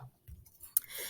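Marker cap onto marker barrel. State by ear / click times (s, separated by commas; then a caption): seated / 0.8 s. A plastic cap is pushed back onto a dry-erase marker barrel, with faint soft handling bumps before a sharp, bright click at 0.8 s. The click is the sign children are taught to listen for, and it confirms the cap is seated and the marker is closed.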